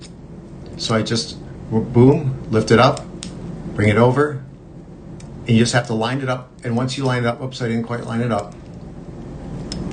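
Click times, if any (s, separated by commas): 9.7 s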